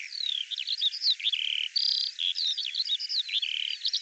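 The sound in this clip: Bird song, a fast varied run of whistled notes, slurs and short buzzy bars, packed tightly without pause.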